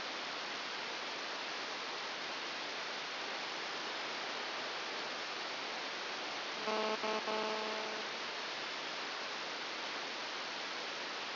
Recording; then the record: brain microelectrode recording played as sound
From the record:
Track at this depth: outside the subthalamic nucleus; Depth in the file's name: -1.509 mm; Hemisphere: right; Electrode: 2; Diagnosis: Parkinson's disease